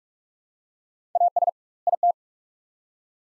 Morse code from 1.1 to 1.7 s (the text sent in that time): AS